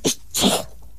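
sneeze

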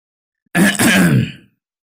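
throat clearing

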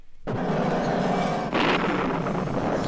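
thunderclap

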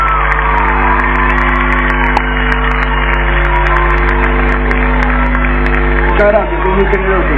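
audience applause and cheering

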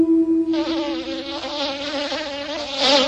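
fly buzzing

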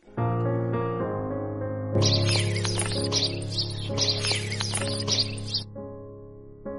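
birds chirping

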